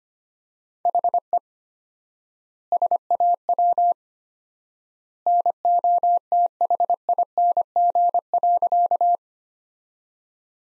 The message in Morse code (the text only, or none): HE SAW NOTHING.